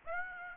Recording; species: mosquito wingbeat signal from an infrared sensor; Aedes aegypti